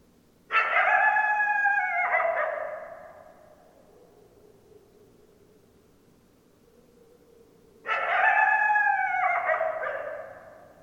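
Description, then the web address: Coyote howls: a harmonic howl of about two seconds that breaks lower and fades, a quiet gap, then a second similar howl. Several coyotes, recorded on 10 December 2012. "mammals Coyote 2012 12 10 Coyotes"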